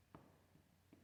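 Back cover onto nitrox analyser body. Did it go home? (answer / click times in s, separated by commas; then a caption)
no / none. The back housing of a nitrox analyser is lined up on three pins and pressed onto the analyser body. A short sharp tap at 0.1 s, a faint knock near 0.5 s and another tap near 0.9 s are heard over a low hum. Nothing has seated or clicked yet.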